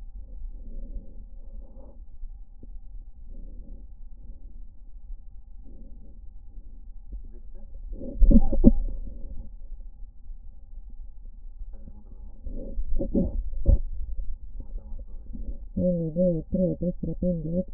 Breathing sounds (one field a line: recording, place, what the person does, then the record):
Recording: lung sounds by stethoscope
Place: left posterior apical chest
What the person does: quiet breathing, then cough and speech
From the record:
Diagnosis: interstitial lung disease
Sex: female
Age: 70 years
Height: 160 cm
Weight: 93 kg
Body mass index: 36.3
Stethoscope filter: diaphragm mode